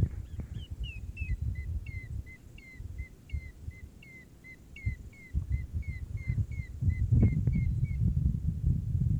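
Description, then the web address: Bird repeating a short, clear, down-slurred whistled note about three times a second for eight seconds, over loud low rumbling and occasional knocks. "safari sounds Bird Sounds"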